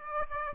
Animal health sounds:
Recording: mosquito wingbeat signal from an infrared sensor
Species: Aedes aegypti

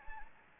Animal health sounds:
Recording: mosquito wingbeat signal from an infrared sensor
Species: Anopheles gambiae

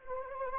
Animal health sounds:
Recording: mosquito wingbeat signal from an infrared sensor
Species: Anopheles arabiensis

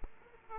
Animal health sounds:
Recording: mosquito wingbeat signal from an infrared sensor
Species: Aedes aegypti

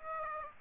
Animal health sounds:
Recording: mosquito wingbeat signal from an infrared sensor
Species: Aedes aegypti

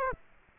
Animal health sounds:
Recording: mosquito wingbeat signal from an infrared sensor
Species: Aedes aegypti

